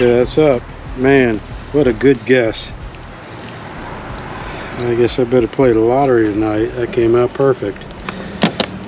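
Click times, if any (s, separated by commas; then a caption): 8.6 s. During a hydraulic jack plate install, a control component is pressed into its mounting opening in the boat's panel while someone talks over a steady low background hum. A short series of sharp snaps comes near the end, and the part seats with a click at 8.6 s.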